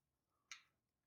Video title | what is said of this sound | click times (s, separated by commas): The Sennheiser MKE 400’s Biggest Flaw — SOLVED | Just lock that cable into place. | 0.5 s